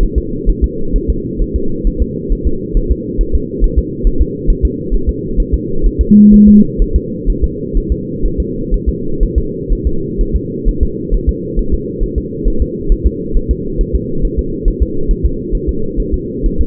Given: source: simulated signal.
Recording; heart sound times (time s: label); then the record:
fetal heart sounds
0.03 s: S1
0.18 s: S2
0.49 s: S1
0.64 s: S2
0.96 s: S1
1.10 s: S2
1.42 s: S1
1.56 s: S2
1.87 s: S1
2.02 s: S2
2.33 s: S1
2.47 s: S2
2.77 s: S1
2.92 s: S2
3.21 s: S1
3.35 s: S2
3.64 s: S1
3.79 s: S2
4.07 s: S1
4.21 s: S2
4.50 s: S1
4.65 s: S2
4.95 s: S1
5.09 s: S2
5.40 s: S1
5.54 s: S2
5.87 s: S1
6.01 s: S2
6.34 s: S1
6.48 s: S2
6.82 s: S1
6.96 s: S2
7.30 s: S1
7.44 s: S2
7.77 s: S1
7.92 s: S2
8.26 s: S1
8.40 s: S2
8.74 s: S1
8.89 s: S2
9.23 s: S1
9.38 s: S2
9.73 s: S1
9.87 s: S2
10.21 s: S1
10.36 s: S2
10.69 s: S1
10.83 s: S2
11.14 s: S1
11.29 s: S2
11.59 s: S1
11.74 s: S2
12.04 s: S1
12.18 s: S2
12.48 s: S1
12.62 s: S2
12.92 s: S1
13.07 s: S2
13.37 s: S1
13.51 s: S2
13.81 s: S1
13.96 s: S2
14.25 s: S1
14.39 s: S2
14.68 s: S1
14.82 s: S2
15.11 s: S1
15.26 s: S2
15.55 s: S1
15.69 s: S2
16.00 s: S1
16.14 s: S2
16.46 s: S1
16.61 s: S2
From the record:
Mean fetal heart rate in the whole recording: 130 bpm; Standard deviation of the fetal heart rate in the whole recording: 4 bpm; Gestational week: 38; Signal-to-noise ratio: -8.1 dB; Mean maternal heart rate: 72 bpm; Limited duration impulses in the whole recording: present